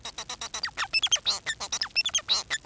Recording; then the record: song of a male Bengalese finch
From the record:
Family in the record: son of father 4